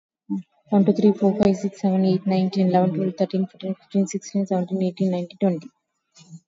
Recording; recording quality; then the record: counting at a fast pace; excellent, no background noise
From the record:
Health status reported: COVID-19 positive, no symptoms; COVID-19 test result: positive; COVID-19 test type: RT-PCR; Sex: female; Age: 34 years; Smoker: no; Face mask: worn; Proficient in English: yes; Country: India